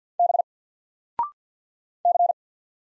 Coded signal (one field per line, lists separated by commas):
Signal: Morse code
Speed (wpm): 48 wpm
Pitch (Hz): 700 Hz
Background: none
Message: B C